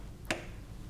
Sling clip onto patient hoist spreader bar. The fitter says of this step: the top clips are connected first ensuring an audible click as they engage